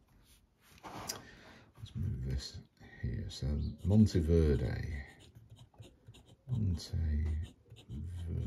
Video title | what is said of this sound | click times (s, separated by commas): The Best (and Worst) Fountain Pens of 2022 | it and uncap it it just clicks into place and the stub nib is really really good | 1.1 s